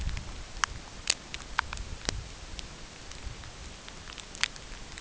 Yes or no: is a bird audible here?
no